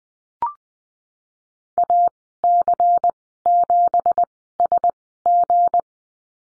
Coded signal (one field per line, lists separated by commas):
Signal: Morse code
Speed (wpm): 20 wpm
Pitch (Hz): 700 Hz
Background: none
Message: AC7SG